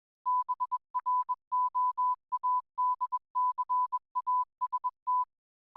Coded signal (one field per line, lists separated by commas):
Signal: Morse code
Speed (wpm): 21 wpm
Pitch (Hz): 1000 Hz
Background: none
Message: BROADCAST